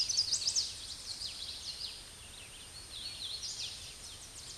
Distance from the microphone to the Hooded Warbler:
about 35 m